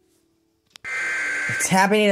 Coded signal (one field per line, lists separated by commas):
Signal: Emergency Alert System (SAME) tones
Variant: header bursts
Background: speech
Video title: (EAS #868 - #898) CHOAS DURING MARTINSVILLE - EAS Alerts from 4/14/23